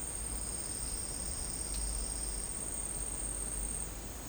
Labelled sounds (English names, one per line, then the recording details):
none
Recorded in dense forest near Puerto Asís, Putumayo, Colombia, on 24 June 2025 at 11:30
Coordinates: 0.499, -76.324
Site G100